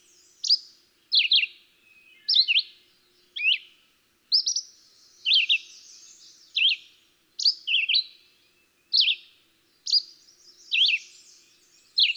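Red-eyed Vireo delivering repeated short warbled phrases, each a quick slurred whistle, separated by brief pauses, about one per second.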